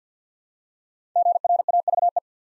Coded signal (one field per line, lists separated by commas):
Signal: Morse code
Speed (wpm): 48 wpm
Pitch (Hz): 700 Hz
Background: none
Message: GRAVE